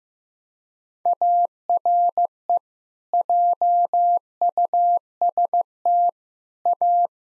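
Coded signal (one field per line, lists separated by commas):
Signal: Morse code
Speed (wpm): 15 wpm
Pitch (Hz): 700 Hz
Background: none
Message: ARE JUST A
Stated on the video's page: Head-copy practice at 15 wpm: common six-word groups sent in Morse, spoken, then sent again.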